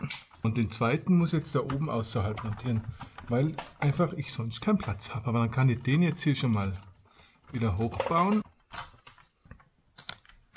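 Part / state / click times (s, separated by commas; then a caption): split-core current clamp closing around a phase wire in a fuse box / seated / 10.0 s, 10.1 s. Someone talks while working in a fuse box, then the plastic split-core current transformer clamp of an energy meter is closed around a phase conductor. It snaps shut with sharp clicks at 10.0 and 10.1 seconds and is latched in place.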